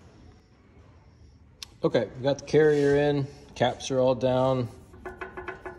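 While the differential carrier of a Ford factory electric locker retrofit is set into a Sterling rear axle housing, the locker's pigtail connector is pushed into the bulkhead fitting in the housing. A single sharp tick at 1.6 s marks the connector snapping in and seating, after which someone talks.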